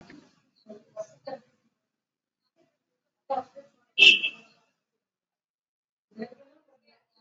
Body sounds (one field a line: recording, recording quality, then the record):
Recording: shallow breathing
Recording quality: poor, much background noise or distortion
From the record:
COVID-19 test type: RT-PCR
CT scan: not taken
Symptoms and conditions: cough, cold, fever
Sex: male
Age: 27 years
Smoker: no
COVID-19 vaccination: both doses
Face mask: worn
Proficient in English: yes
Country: India